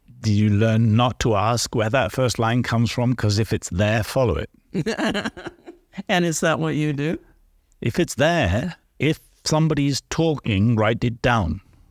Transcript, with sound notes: Do you learn not to ask where that first line comes from? Because if it’s there, follow it. (laughs)
And is that what you do?
If it’s there, if somebody’s talking, write it down.